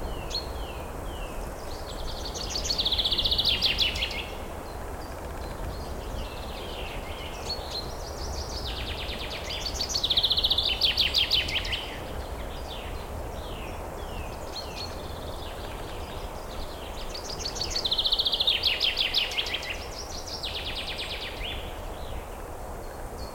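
A night forest with a steady low rush of wind and rain beneath everything. High, buzzy cricket trills swell into loud bursts roughly every seven seconds, near 3, 10 and 18 seconds, with softer chirps repeating between them.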